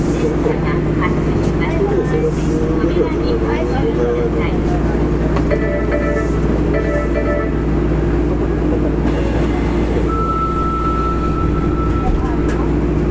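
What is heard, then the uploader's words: A subway train runs steadily with a loud, low rumble and hum filling the whole clip. Faint voices murmur inside the car, and brief whining tones rise around six to seven seconds, with a thin steady whine appearing after ten seconds. 福岡市営地下鉄 3000系 七隈線 橋本から天神南まで. 福岡市交通局 3000系電車の走行音です。 七隈線で収録しました。 区間は、橋本から天神南までです。 Running sound of Fukuoka city subway 3000 series train.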